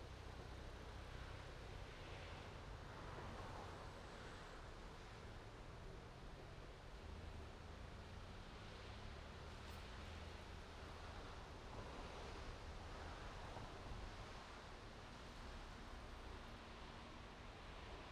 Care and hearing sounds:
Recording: everyday scene through a hearing-aid microphone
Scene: in traffic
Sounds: traffic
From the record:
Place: main road on the outskirts, rush hour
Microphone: in the ear canal, right

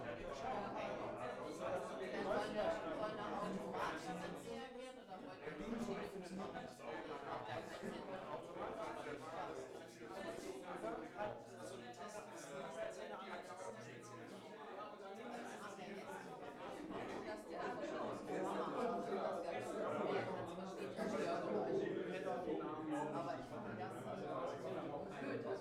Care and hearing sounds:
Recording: everyday scene through a hearing-aid microphone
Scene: many people talking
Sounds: many voices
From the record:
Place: bistro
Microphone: behind the ear, left, rear

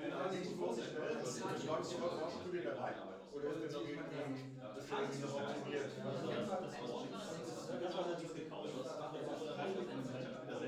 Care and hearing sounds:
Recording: everyday scene through a hearing-aid microphone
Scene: many people talking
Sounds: many voices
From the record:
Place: bistro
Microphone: in the ear canal, left

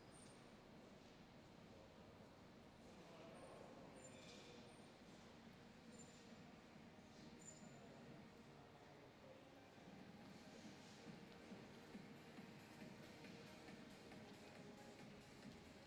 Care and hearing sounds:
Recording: everyday scene through a hearing-aid microphone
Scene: reverberant space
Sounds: background noise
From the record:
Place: railway station hall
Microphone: in the ear canal, left

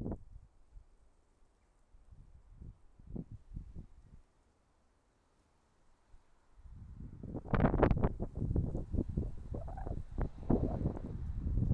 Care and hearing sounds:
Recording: everyday scene through a hearing-aid microphone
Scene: wind on the microphone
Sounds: wind, traffic, birds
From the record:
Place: suburban garden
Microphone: behind the ear, left, front

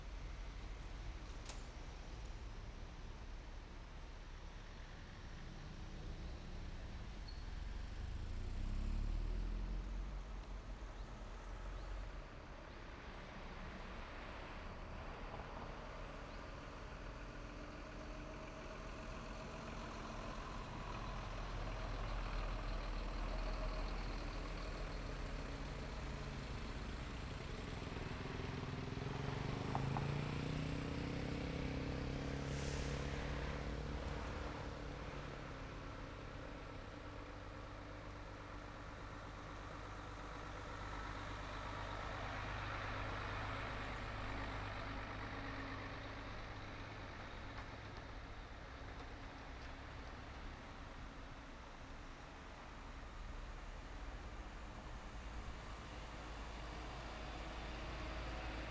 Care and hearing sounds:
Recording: everyday scene through a hearing-aid microphone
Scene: in traffic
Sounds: traffic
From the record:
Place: main road on the outskirts, rush hour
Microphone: behind the ear, right, rear

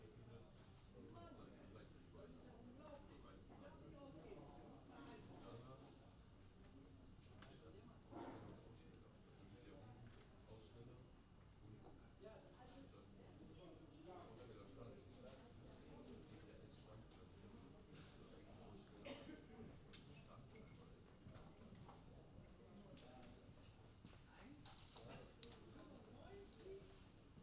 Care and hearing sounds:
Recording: everyday scene through a hearing-aid microphone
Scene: many people talking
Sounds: many voices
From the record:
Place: university cafeteria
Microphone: in the ear canal, left

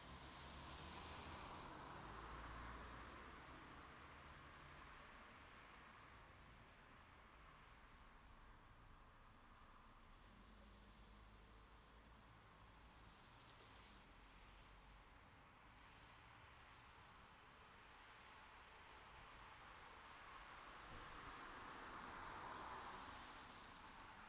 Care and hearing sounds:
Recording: everyday scene through a hearing-aid microphone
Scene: in traffic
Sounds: traffic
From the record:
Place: city secondary road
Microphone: in the ear canal, left

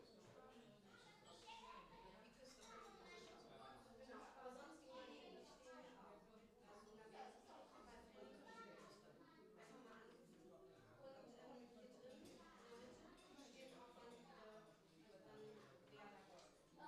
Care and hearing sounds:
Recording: everyday scene through a hearing-aid microphone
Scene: many people talking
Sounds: many voices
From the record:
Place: parish hall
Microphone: in the ear canal, left

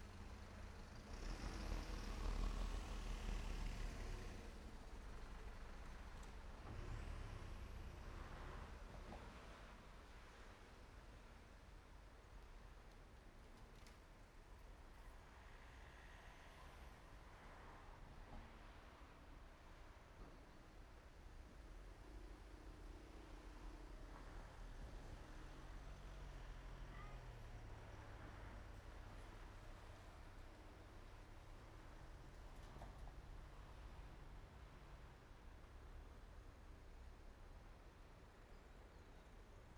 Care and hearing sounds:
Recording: everyday scene through a hearing-aid microphone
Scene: in traffic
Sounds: traffic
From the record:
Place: main road on the outskirts, rush hour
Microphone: behind the ear, right, rear

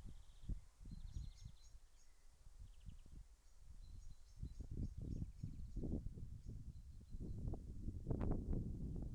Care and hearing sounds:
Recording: everyday scene through a hearing-aid microphone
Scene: wind on the microphone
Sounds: wind, birds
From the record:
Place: in front of a rural house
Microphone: behind the ear, left, rear

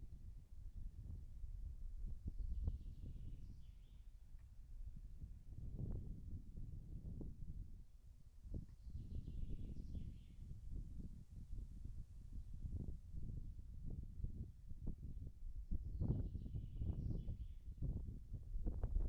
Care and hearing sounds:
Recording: everyday scene through a hearing-aid microphone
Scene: wind on the microphone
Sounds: wind, birds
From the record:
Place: in front of a rural house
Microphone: behind the ear, right, rear

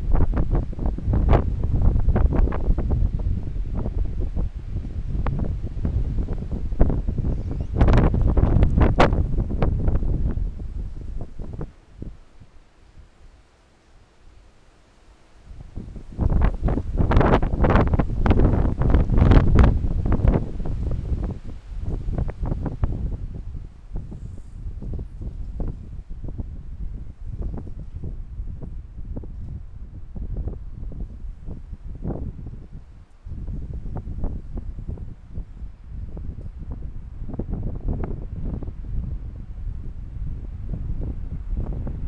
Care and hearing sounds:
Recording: everyday scene through a hearing-aid microphone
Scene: wind on the microphone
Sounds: squally wind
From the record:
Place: parking lot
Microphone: behind the ear, left, rear

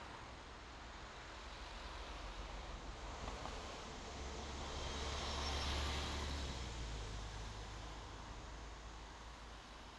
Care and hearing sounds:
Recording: everyday scene through a hearing-aid microphone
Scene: in traffic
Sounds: traffic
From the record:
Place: main road on the outskirts, rush hour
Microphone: in the ear canal, left

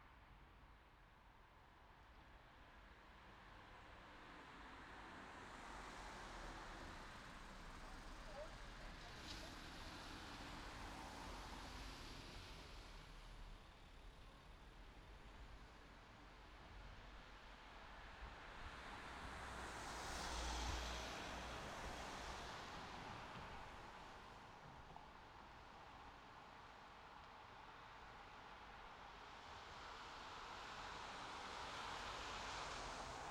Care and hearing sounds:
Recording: everyday scene through a hearing-aid microphone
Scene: in traffic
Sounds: traffic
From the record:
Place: city secondary road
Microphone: in the ear canal, left

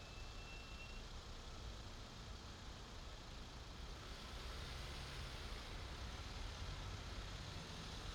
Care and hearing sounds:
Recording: everyday scene through a hearing-aid microphone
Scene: in traffic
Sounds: traffic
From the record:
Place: main city hub, rush hour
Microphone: in the ear canal, left

